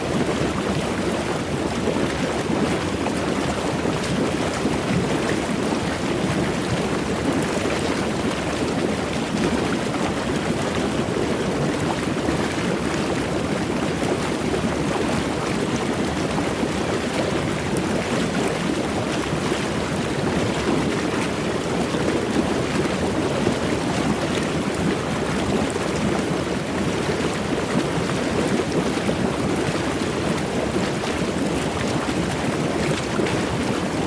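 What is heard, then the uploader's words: Hot tub water churns steadily, a dense, constant rush with a bubbling, frothy texture. The sound is full, strongest in the low and middle range with a soft hiss above, and it holds the same level throughout without pauses or distinct events. Water Sounds Hot Tub White Noise.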